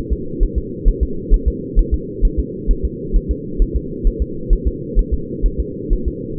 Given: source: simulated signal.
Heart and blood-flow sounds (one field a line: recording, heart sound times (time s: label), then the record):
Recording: fetal heart sounds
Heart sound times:
0.13 s: S2
0.43 s: S1
0.58 s: S2
0.88 s: S1
1.03 s: S2
1.34 s: S1
1.48 s: S2
1.79 s: S1
1.94 s: S2
2.25 s: S1
2.40 s: S2
2.71 s: S1
2.85 s: S2
3.16 s: S1
3.31 s: S2
3.62 s: S1
3.76 s: S2
4.07 s: S1
4.22 s: S2
4.53 s: S1
4.68 s: S2
4.99 s: S1
5.14 s: S2
5.46 s: S1
5.60 s: S2
5.93 s: S1
6.08 s: S2
From the record:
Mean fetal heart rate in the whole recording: 130 bpm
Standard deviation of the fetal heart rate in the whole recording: 2 bpm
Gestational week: 38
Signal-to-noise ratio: -4.3 dB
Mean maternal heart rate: 72 bpm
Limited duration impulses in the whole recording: absent